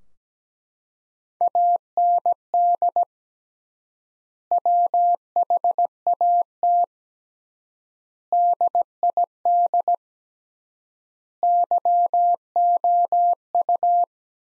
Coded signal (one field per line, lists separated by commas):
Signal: Morse code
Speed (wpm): 17 wpm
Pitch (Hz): 700 Hz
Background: none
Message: AND WHAT DID YOU